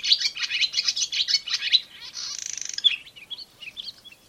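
Barn swallow chatter: quick run of high twittering notes, then a brief buzzy grating rattle, fading into a few scattered chirps.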